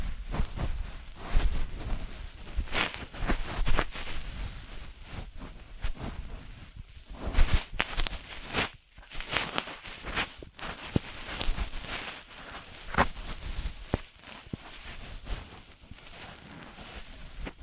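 Ear massage and cleaning sounds: dense, uneven rubbing and crackling with frequent soft scrapes and brief pauses near eight and nine seconds.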